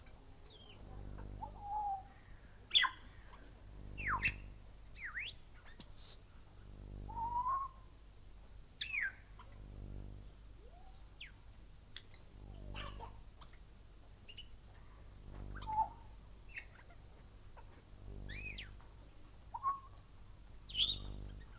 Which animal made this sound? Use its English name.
Grey Parrot